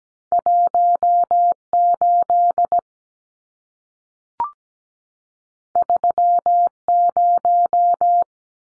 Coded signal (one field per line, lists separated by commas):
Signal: Morse code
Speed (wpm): 17 wpm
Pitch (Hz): 700 Hz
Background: none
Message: 18 30